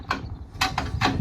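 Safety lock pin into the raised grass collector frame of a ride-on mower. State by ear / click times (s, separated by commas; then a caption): seated / 0.1 s, 0.6 s, 0.8 s. A metal safety lock pin is put into the raised grass collector frame of an ISEKI SXG323 ride-on mower so the hopper cannot drop, even if the hydraulics fail. Short, sharp metallic clicks sound at 0.1, 0.6 and 0.8 seconds over a low background rumble. The lock seats into place.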